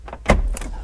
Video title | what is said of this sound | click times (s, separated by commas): NEW SOUND SYSTEM COMPLETED AND INSTALLED, A MUST HAVE HEAD UNIT FOR ANY 88-94 C1500 OBS TRUCK..DEMO. | get it lined up until you hear you hear the clicks | 0.3 s